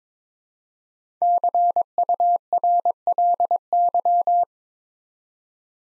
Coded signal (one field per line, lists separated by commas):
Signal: Morse code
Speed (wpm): 22 wpm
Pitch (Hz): 700 Hz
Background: none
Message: CURLY